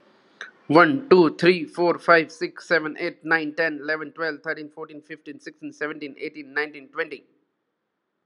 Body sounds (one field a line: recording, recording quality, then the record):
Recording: counting at a fast pace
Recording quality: excellent, no background noise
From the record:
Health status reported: healthy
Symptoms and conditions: cough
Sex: male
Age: 40 years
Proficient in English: yes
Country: India